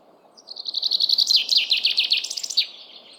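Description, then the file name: Common chaffinch song: a rapid series of bright notes ending with a short flourish, lasting about two seconds. "Fringilla coelebs"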